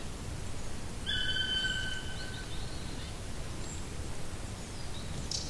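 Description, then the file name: Black woodpecker with one long, plaintive call, steady in pitch and fading out, followed by quiet rustling background. "patrick franke-schwarzspecht-black woodpecker-dryocopus martius"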